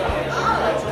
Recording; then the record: background sound without coughing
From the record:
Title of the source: CITY SOUNDS Busy Bar in the Evening Night - 2 HOURS of Ambiance for Relaxation